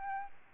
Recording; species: mosquito wingbeat signal from an infrared sensor; Aedes albopictus